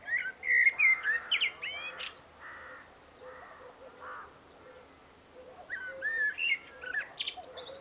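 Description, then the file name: Common blackbird singing: mellow fluted phrases break into high squeaky twitters, with short harsher harmonic notes in the quieter middle stretch before another burst of warbling. "Turdus merula"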